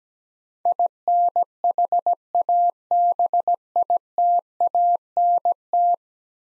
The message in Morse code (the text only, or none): INHABITANT